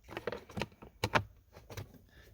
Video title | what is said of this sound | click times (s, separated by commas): Cabin air filter - EASY - '17-up Subaru Impreza / '18-up Subaru Crosstrek | and then it just snaps | 1.0 s